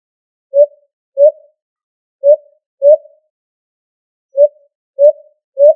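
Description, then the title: Pigeon or dove uttering brief, soft, tonal hoots at uneven intervals, some in quick pairs and others after longer gaps. "ColumbidaePomba"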